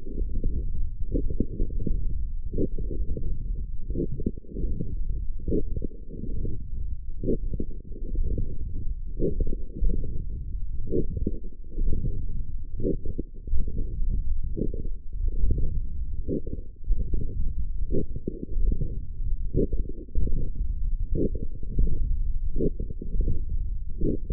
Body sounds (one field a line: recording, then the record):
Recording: forearm muscle sounds (acoustic myography)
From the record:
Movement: forearm pronation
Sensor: system 1, eight BSWA MPA416 microphones around the upper forearm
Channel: 6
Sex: male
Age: 21 years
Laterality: right